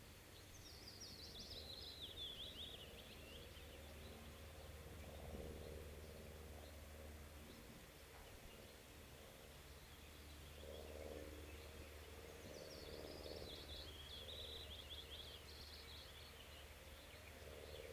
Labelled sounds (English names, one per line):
Lesser Spotted Woodpecker call